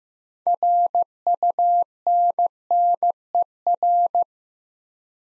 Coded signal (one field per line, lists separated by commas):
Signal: Morse code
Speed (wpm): 15 wpm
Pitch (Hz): 700 Hz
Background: none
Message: RUNNER